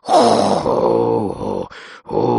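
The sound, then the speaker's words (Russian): A voice imitates a snake's heavy breathing with long, low, straining groans and grunts, broken by a short breathy huff before another groan begins. “Слышу, как змей дышит.”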